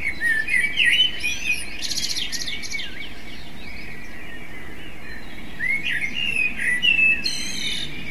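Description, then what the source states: Common blackbird song with rich, looping fluted notes and sharp high twitters, two phrase groups separated by a quieter gap, low background rumble throughout. Device: MZ-N 710; part of a phonography compendium.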